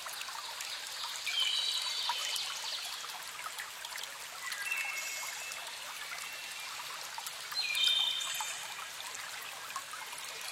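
A spring trickles steadily over stones in a bright hiss, with a few brief high chirps near two, five and eight seconds.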